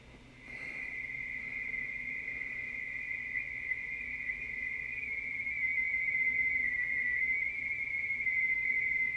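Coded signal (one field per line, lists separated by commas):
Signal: RTTY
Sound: steady warbling two-tone chatter flipping rapidly between close pitches, continuous throughout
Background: radio static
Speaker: let me check out here. 28 08.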